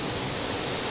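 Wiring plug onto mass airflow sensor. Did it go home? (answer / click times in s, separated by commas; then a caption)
no / none. An electrical wiring plug is handled at the mass airflow (MAF) sensor connector of a Banks intake on a Tacoma. Only steady broadband hiss is heard, with no distinct impacts. Nothing has seated or clicked yet.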